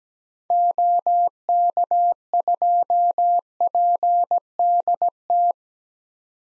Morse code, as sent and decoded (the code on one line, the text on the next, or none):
--- -.- ..--- .--. -.. -
OK2PDT